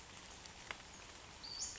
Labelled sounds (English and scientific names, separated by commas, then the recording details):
Western Flycatcher (Empidonax difficilis)
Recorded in Sonoma County, California